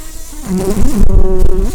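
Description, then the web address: Red-tailed bumblebee queen buzzing, a low droning hum with a steady tone that swells and wavers over under two seconds. "Lapidarius queens"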